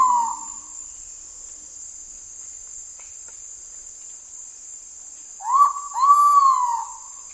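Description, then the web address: Ivory-breasted pitta whistled call: tail of one call at the start, then a full two-part whistle, short upslur and long downslurred note, with constant high insect buzzing behind. "ULM-DS-Lab indonesian-bird-sounds. Pitta maxima"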